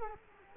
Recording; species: mosquito wingbeat signal from an infrared sensor; Culex quinquefasciatus